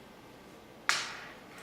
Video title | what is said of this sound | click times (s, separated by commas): Insulin Pump - Inserting New Infusion Set | locks into place | 0.9 s